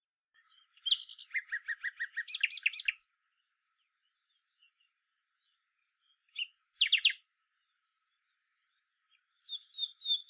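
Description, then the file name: Common nightingale phrases: a long burst of quick repeated notes, a short loud chirping phrase after a pause, then another phrase starting. "Luscinia megarhynchos"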